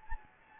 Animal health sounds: mosquito wingbeat signal from an infrared sensor; Anopheles gambiae

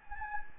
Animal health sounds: mosquito wingbeat signal from an infrared sensor; Anopheles gambiae

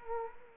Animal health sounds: mosquito wingbeat signal from an infrared sensor; Culex quinquefasciatus

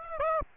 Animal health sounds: mosquito wingbeat signal from an infrared sensor; Aedes aegypti

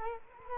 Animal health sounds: mosquito wingbeat signal from an infrared sensor; Culex quinquefasciatus

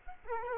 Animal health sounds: mosquito wingbeat signal from an infrared sensor; Culex quinquefasciatus

